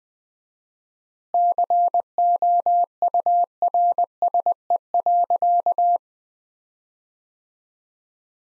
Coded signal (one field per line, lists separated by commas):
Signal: Morse code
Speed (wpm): 20 wpm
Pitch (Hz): 700 Hz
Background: none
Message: COURSE.